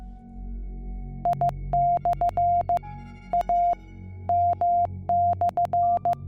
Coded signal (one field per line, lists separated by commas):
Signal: Morse code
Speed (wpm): 15 wpm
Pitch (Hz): 700 Hz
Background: music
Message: I/ AM/